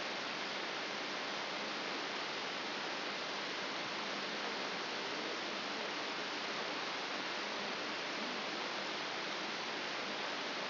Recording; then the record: brain microelectrode recording played as sound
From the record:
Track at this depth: inside the subthalamic nucleus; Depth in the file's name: 3.902 mm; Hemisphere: left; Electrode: 3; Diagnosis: Parkinson's disease